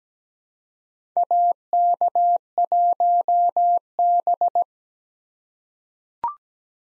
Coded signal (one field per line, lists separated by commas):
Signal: Morse code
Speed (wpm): 17 wpm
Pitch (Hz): 700 Hz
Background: none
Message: AK1B